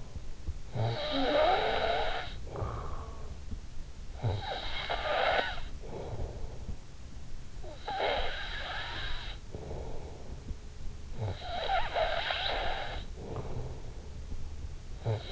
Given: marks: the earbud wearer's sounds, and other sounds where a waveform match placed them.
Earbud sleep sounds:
sounds in sleep by an in-ear microphone; snoring breath
0.00-15.32 s: snoring breath

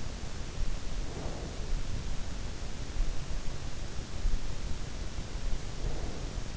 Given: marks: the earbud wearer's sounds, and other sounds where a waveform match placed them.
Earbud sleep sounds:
sounds in sleep by an in-ear microphone; breath
0.92-1.95 s: breath
5.60-6.57 s: breath

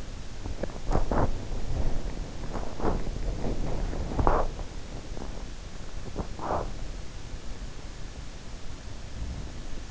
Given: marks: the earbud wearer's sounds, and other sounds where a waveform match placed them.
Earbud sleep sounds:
sounds in sleep by an in-ear microphone; body movement
0.00-7.21 s: body movement

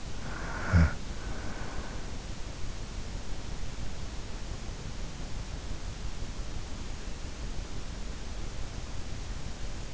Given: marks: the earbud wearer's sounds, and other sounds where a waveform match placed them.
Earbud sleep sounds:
sounds in sleep by an in-ear microphone; snoring breath
0.00-2.39 s: snoring breath

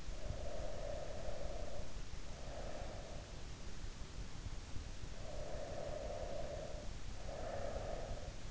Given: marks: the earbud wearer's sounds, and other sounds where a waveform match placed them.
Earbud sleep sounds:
sounds in sleep by an in-ear microphone; breath
0.00-3.32 s: breath
4.83-8.22 s: breath

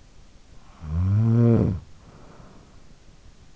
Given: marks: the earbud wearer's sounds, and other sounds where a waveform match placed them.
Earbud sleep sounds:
sounds in sleep by an in-ear microphone; snoring breath
0.37-3.46 s: snoring breath

